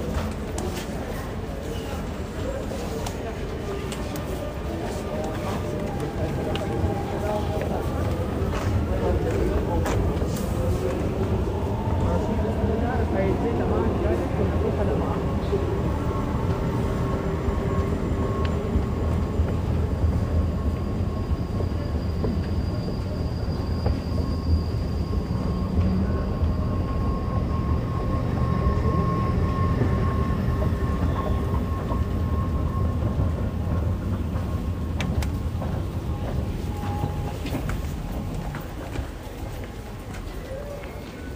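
A metro ride with a steady low rumble and rolling hum that holds throughout, swelling slightly around the middle and easing near the end. Faint voices and occasional tonal whines and squeals rise and fall over the constant roar.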